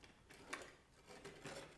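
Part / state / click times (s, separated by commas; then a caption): armor wings onto an action figure's back / seated / 0.5 s. Armor wings are pushed onto the back of a Bandai Tamashii Nations Saint Seiya Myth Cloth EX Metal Thanatos collectible action figure. After faint handling scrapes, a sharp click at 0.5 s marks the wings clipping on without any problem, followed by softer rustling.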